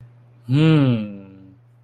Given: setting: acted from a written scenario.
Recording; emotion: vocal sound without words; contentment